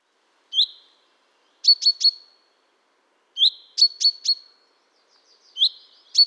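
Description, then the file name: Common chaffinch producing high, clipped chirps, usually a lead note then three quick repeats, the pattern recurring several times in stillness. "Fringilla coelebs"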